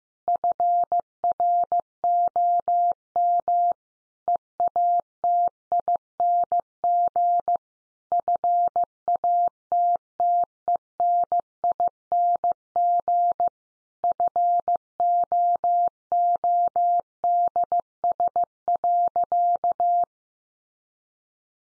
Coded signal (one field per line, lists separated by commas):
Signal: Morse code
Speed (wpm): 14 wpm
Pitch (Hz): 700 Hz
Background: none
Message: FROM EATING FATTENING FOODS.